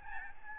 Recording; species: mosquito wingbeat signal from an infrared sensor; Aedes albopictus